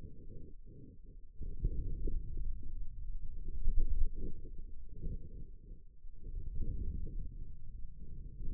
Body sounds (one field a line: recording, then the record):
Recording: forearm muscle sounds (acoustic myography)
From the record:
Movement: ulnar deviation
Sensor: system 2, bracelet of six BSWA MPA416 microphones around the upper forearm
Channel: 4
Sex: male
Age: 22 years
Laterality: right